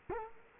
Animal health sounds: mosquito wingbeat signal from an infrared sensor; Culex quinquefasciatus

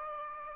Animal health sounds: mosquito wingbeat signal from an infrared sensor; Aedes aegypti

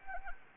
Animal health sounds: mosquito wingbeat signal from an infrared sensor; Anopheles arabiensis

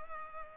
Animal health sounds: mosquito wingbeat signal from an infrared sensor; Culex pipiens

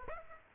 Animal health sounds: mosquito wingbeat signal from an infrared sensor; Aedes aegypti

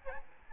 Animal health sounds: mosquito wingbeat signal from an infrared sensor; Aedes albopictus

